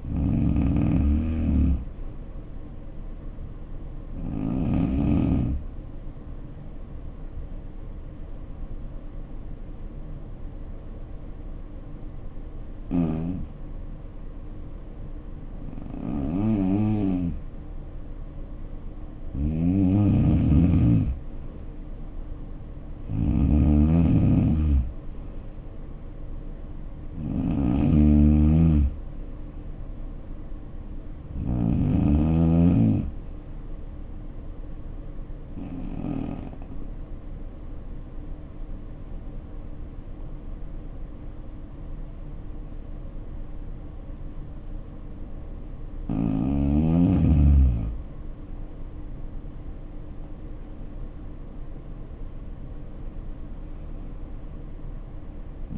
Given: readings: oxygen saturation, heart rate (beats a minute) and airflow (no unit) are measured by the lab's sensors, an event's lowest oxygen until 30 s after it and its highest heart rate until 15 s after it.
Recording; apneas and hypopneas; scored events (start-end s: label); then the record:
breathing in sleep by a smartphone at the bedside; 2
7.00-22.80 s: hypopnea (N2, oxygen 93% highest, then 86% lowest, heart rate 62 at the start, 72 highest)
39.00-49.20 s: obstructive apnea (N2, oxygen 92% highest, then 85% lowest, heart rate 57 at the start, 71 highest)
From the record:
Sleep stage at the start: N2 (light sleep); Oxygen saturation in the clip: 85 to 93%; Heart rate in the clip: 57 to 72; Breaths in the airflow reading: 10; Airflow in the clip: -7.3 to 5.0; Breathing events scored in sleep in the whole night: 520 in 7.2 hours asleep